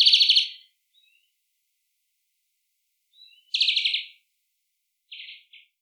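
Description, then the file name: European greenfinch calls: short, fast rattling trills of rapid pulses. Three bursts come over six seconds, with faint soft notes between them, against a quiet background. "Chloris chloris"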